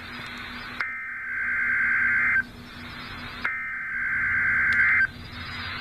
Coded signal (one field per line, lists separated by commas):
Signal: Emergency Alert System (SAME) tones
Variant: header bursts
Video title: EAS #38 - Severe Thunderstorm Watch #170